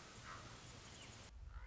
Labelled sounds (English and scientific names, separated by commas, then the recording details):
Common Raven (Corvus corax)
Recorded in Sonoma County, California